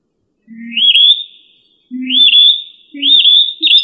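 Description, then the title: Rail calling with rising, upslurred whistles that level off, repeated several times, with a low steady tone under each one. "Familia Rallidae"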